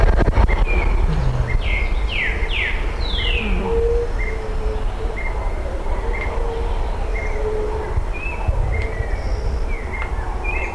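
Bird calls: a few quick downward-sweeping whistles early on, followed by short repeated chirps, all over heavy low-pitched background rumble.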